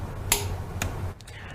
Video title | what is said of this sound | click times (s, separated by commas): Torque Wrench Help | you get to that you hear an audible click now | 0.3 s